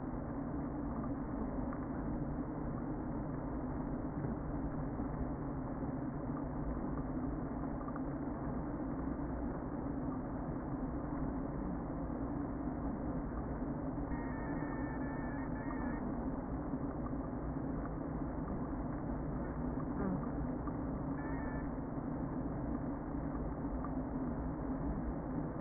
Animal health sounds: honeybee colony, microphone inside the hive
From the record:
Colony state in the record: queen present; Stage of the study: before two queens were removed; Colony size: about 60,000 bees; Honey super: yes

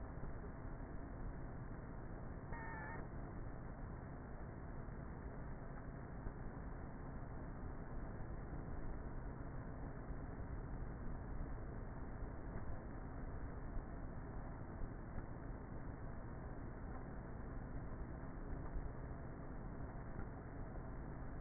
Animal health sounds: honeybee colony, microphone inside the hive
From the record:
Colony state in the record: queenless with a low population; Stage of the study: before two queens were removed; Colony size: about 30,000 bees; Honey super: no

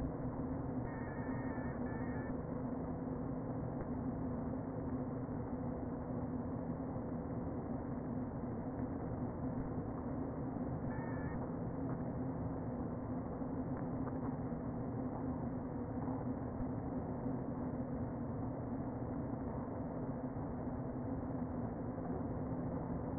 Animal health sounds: honeybee colony, microphone inside the hive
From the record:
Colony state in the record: queen present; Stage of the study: before two queens were removed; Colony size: about 60,000 bees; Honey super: yes

